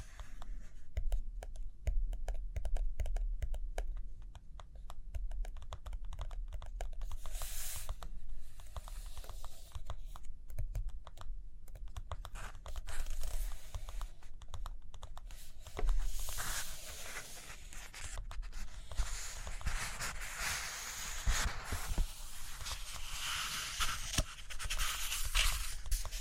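Pages turn and fingers tap in a dense run of quick, dry clicks and taps across the whole stretch. Bursts of brighter rustling and scratching swell around eight seconds, near sixteen, and again from about seventeen to the end, over a low, steady rumble.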